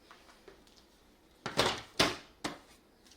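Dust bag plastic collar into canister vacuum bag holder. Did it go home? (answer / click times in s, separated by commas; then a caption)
yes / 2.0 s. The plastic flange collar of a dust bag is pushed into its holder inside a Kenmore 600 Series Pet Friendly Lightweight Bagged Canister Vacuum with Pet PowerMate. Faint ticks come first, then loud plastic knocks at about 1.5 and 1.6 s, a sharp snap at 2.0 s, and another knock at about 2.5 s. The collar snaps in and seats at 2.0 s.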